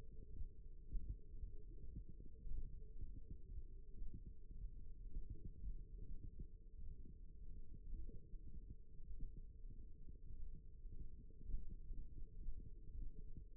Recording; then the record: forearm muscle sounds (acoustic myography)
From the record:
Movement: thumb flexion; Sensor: system 1, eight BSWA MPA416 microphones around the upper forearm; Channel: 2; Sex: male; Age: 23 years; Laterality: right